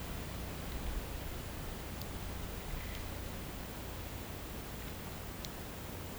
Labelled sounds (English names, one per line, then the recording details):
none
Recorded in pastures near Puerto Asís, Putumayo, Colombia, on 19 March 2025 at 13:00
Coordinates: 0.472, -76.329
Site G074